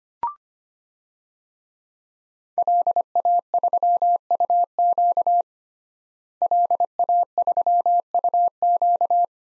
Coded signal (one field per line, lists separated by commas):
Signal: Morse code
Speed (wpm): 25 wpm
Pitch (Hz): 700 Hz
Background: none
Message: LA3UQ LA3UQ